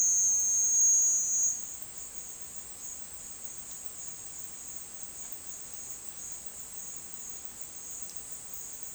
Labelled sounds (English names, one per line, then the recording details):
none
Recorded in secondary vegetation near Puerto Asís, Putumayo, Colombia, on 29 June 2025 at 11:30
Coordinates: 0.499, -76.323
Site G077